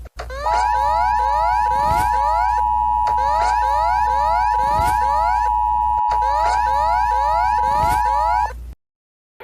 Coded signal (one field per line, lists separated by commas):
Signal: Emergency Alert System (SAME) tones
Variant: 853 and 960 Hz attention tone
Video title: Rating EAS Alarms Part 4: Idk